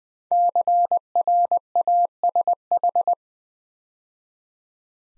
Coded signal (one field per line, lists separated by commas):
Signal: Morse code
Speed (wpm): 20 wpm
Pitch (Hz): 700 Hz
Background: none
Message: CRASH